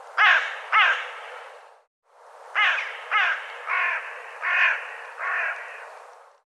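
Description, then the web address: Bird calling: harsh, hoarse cawing notes, two quick ones, then a pause and a series of five more. "cianscape birddata"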